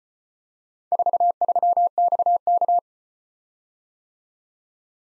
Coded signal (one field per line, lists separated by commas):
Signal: Morse code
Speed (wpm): 34 wpm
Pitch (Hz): 700 Hz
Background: none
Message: 43XK